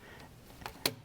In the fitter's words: it's clicked into place now that is held in there perfectly ready to be scanned